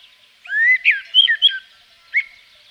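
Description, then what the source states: Common blackbird song: a rising fluted whistle followed by several mellow warbled notes, then a pause and one short final note. Recorded in Provence.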